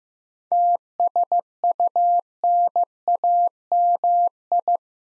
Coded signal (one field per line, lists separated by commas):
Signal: Morse code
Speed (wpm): 15 wpm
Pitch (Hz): 700 Hz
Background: none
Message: TSUNAMI